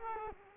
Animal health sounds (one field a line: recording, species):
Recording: mosquito wingbeat signal from an infrared sensor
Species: Culex quinquefasciatus